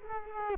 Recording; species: mosquito wingbeat signal from an infrared sensor; Culex quinquefasciatus